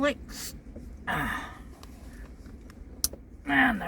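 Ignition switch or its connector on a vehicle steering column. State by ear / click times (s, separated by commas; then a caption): seated / 3.0 s. A replacement ignition switch, or its connector, is pushed home on the steering column of a 1995 Jeep Cherokee XJ. Someone talks, then a sharp, loud click lands at 3.0 s with a fainter tick right after it. The part seats into place.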